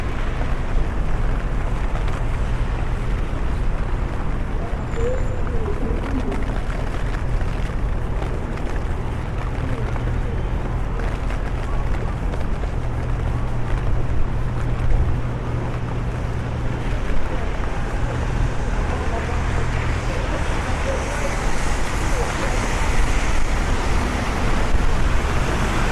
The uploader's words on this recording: LONDON CITY WALK UNDER THE RAIN ASMR AMBIENT NOISES. The podcast features a walk in London, under the rain.